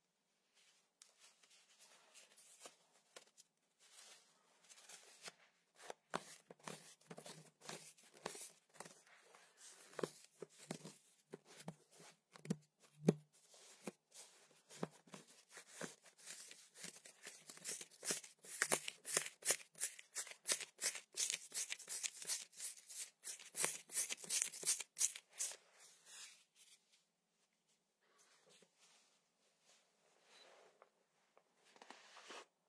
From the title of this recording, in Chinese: 足袜 黏液